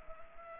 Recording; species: mosquito wingbeat signal from an infrared sensor; Culex pipiens